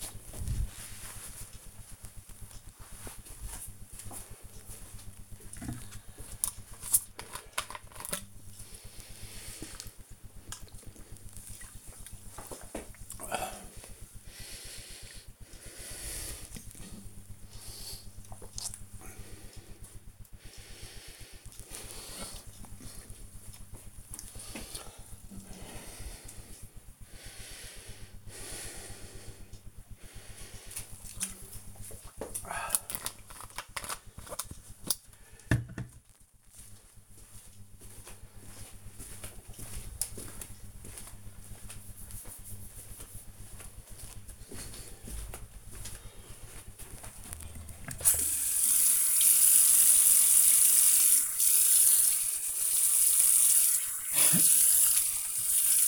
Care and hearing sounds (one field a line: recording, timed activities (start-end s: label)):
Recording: household activities, microphone on the right wrist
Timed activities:
6.39-32.53 s: drinking
46.61-55.88 s: washing hands